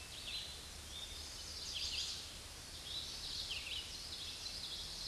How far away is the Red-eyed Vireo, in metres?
about 30 m